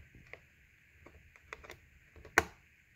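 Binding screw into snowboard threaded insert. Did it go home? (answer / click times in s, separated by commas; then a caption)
yes / 2.4 s. A snowboard binding screw is turned backwards (counter-clockwise) in its metal threaded insert, making faint ticks around 0.3, 1.5 and 1.7 seconds over a steady high hum. At 2.4 seconds the thread start drops into place with a sharp, loud click, showing the threads are aligned and seated before the screw is driven forward.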